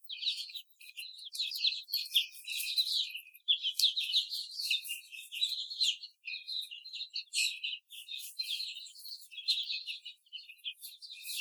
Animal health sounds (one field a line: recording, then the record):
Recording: young laying hens in a cage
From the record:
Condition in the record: after the stressor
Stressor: simulated dog barking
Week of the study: 4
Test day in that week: 2